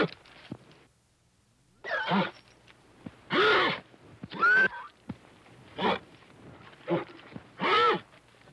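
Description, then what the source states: Horse sounds, loud breathy snorts and short strained whinnies with tonal squeals, bursts coming every second or so after a quiet gap near the start. A scared horse.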